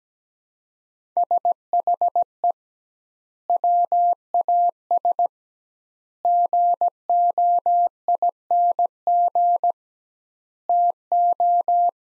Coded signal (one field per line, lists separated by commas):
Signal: Morse code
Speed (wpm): 17 wpm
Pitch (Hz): 700 Hz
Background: none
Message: SHE WAS GOING TO